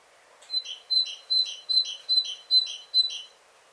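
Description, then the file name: Great tit repeating a two-part call: a clear high tone with a lower buzzy note, given about every 0.4 seconds, seven times in succession. "Parus major"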